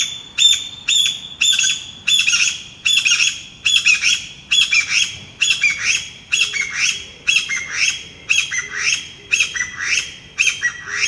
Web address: sikioto birds kojyukei